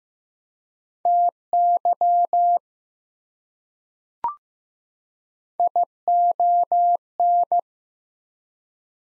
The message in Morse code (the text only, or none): TY ION